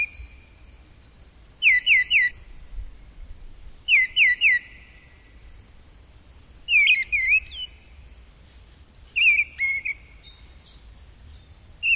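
Bird whistling short groups of quick notes, repeated every two to three seconds, over a faint steady high tone.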